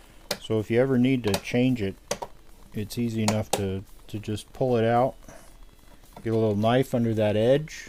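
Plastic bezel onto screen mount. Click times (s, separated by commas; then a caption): 0.3 s. A 3D-printed plastic bezel is pressed onto the screen mount of a Kingroon KP3S screen mod and gives one loud, sharp snap at 0.3 s as it snaps in place. Someone talks through the rest of the clip. The bezel is seated.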